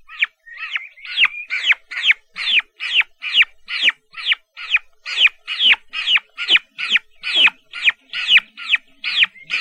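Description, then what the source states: Turkey poult peeping, shrill arched whistled chirps repeated steadily without a break. Chicks.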